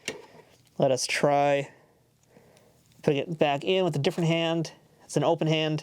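A white plastic hand is pulled off the wrist peg of an action figure, popping out very easily with a sharp click at 0.1 s. Faint handling noises follow, and someone talks through most of the clip.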